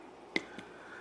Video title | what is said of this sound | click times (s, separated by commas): Panerai Luminor Marina 1950, 3 Day auto (PAM00312) Full Review | It just doesn't get any easier. I feel it click. | 0.4 s